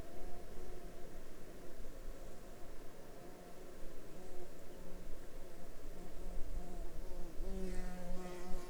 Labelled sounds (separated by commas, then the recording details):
insects, man-made sound
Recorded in Ivvavik National Park, Yukon, on 20 May 2019 at 18:31
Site SINP09